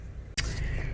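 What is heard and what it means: A plastic overhead console trim panel is pressed up into the headliner of a 2000–2009 Volvo P2 platform vehicle, taking care not to damage its clips, after replacing the auto-dimming interior rear view mirror. Over a low background rumble, one sharp, bright snap rings out at 0.4 s as the clips seat and the panel is back in place.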